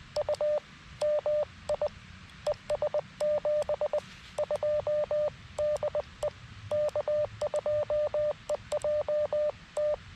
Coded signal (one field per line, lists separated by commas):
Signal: Morse code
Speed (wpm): 20 wpm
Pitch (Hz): 600 Hz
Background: radio noise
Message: U MI ES 72 DE K2EJT